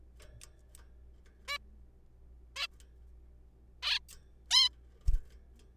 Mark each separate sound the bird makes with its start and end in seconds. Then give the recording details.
1.49-1.57, 2.56-2.67, 3.83-3.99, 4.51-4.69. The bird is a juvenile. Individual R3428